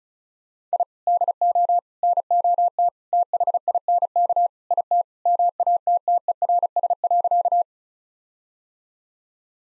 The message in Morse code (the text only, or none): I DO NOT THINK IT MATTERS.